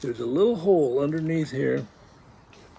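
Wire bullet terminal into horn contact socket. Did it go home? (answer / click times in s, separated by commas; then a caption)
no / none. A bullet-type wire terminal from the wire harness is being handled at the small hole under a Model A horn, ready to be pushed into the horn's contact socket. Someone talks for the first 1.8 seconds, then there is near silence with a few faint ticks around 2.5–2.9 seconds. The clip ends before the terminal goes home, and nothing has seated or clicked yet.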